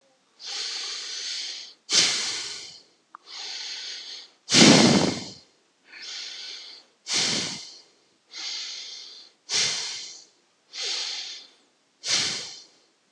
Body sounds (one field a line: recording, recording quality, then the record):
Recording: deep breathing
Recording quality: excellent, no background noise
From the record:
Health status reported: healthy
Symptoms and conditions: none ticked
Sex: male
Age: 38 years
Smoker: not ticked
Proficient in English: yes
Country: United States